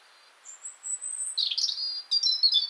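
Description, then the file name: European robin song opening with a long, very high drawn-out whistle, then a wavering warble and a final cluster of bright, thin notes. "Erithacus rubecula"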